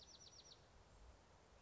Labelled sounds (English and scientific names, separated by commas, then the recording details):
Bewick's Wren (Thryomanes bewickii)
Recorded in Sonoma County, California